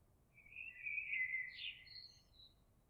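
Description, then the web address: Eurasian blackbird singing one mellow, warbled phrase followed by a few brief, thin high twitters; background otherwise quiet. Recorded on 26 April 2022. "oiseaux Merle 2022 04 26"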